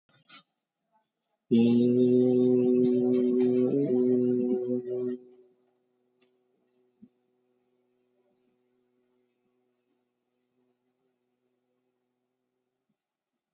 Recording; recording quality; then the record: sustained vowel as in made; moderate, slight background noise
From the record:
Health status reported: COVID-19 positive, no symptoms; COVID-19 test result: positive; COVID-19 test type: RT-PCR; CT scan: not taken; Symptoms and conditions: fatigue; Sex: male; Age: 36 years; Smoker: no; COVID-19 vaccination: one dose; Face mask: worn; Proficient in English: yes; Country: India